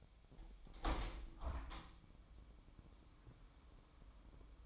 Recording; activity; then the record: daily activity, microphone in the room; open window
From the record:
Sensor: 1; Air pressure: 1006.4 hPa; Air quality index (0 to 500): 208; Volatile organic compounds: 24 ppm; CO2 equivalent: 2802 ppm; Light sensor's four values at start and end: 12/30/12/13 and 12/32/12/14